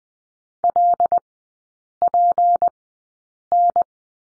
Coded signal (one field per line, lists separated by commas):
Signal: Morse code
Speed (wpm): 20 wpm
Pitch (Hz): 700 Hz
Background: none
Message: LPN